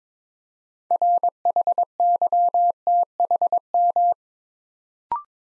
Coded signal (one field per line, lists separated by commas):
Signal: Morse code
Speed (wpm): 22 wpm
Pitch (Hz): 700 Hz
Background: none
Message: RHYTHM